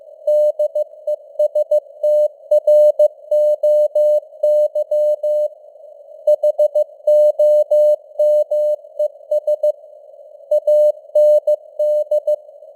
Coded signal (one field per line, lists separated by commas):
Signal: Morse code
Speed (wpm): 15 wpm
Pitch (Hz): 600 Hz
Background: none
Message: DESTROY HOMES AND